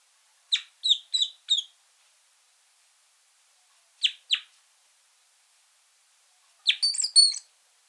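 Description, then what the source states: Red crossbill giving a fast run of four sharp chips, a pair of calls after a long pause, then a brief twisting, warbled twitter. Calls and song elements.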